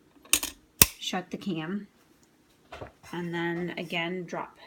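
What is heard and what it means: On a sewing machine zigzag attachment, a new cam is oiled, its notches are lined up, and the metal cover is pressed shut over it, seating with two sharp metallic clicks at 0.3 and 0.8 seconds. Someone talks afterward.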